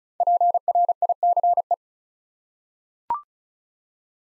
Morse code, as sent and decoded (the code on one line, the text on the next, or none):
.--. .-. .. -.-. .
PRICE